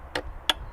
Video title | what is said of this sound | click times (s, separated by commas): How to Service a Mk4 VW Caddy (Oil Filter - Air Filter - Service Light Reset) | Yeah. There we go. There's the click. | 0.5 s